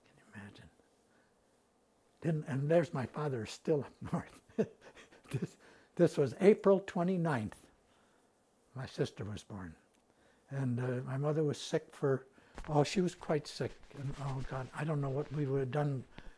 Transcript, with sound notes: Can you imagine? And there's my father still up north. [Laughs] This was April 29 th my sister was born and my mother was sick for — well, she was quite sick, and oh, God, I don't know what we would have done.